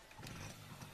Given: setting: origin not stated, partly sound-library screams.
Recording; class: one-second piece from a danger detection set; normal situation